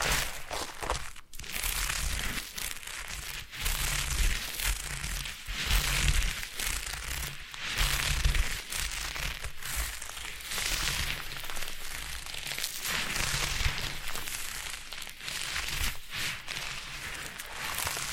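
Foam being massaged and squeezed, giving a dense, continuous crinkling and crackling hiss that swells and eases in irregular waves. Short dips and brief pauses break the texture every second or two, with occasional soft low thumps underneath throughout.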